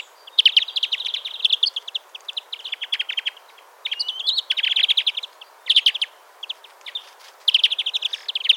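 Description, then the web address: European greenfinch twittering: fast rattling chirp series in repeated bursts with short pauses. "SETE Chloris chloris"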